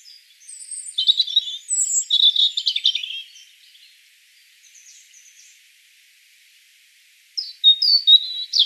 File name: Erithacus rubecula 240702